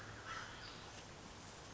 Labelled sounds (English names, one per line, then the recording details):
American Crow
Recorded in Sonoma County, California